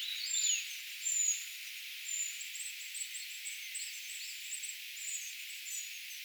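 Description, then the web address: Eurasian treecreeper calls, high, thin notes, two louder at the start, then a soft run of squeaks and faint lower whistles. Brood of young calling, recorded 4 June 2025; identification given as tentative. "paivat 4 6 2025 tietaakseni puukiipijapesueen aantelya"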